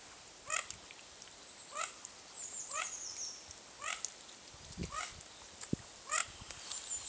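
Mandarin duck giving short whistled calls about once a second, with some thin high squeaks and a few low thumps.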